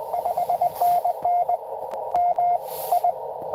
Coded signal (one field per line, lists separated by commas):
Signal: Morse code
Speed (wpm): 23 wpm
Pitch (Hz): 690 Hz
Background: radio noise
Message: 5NN MI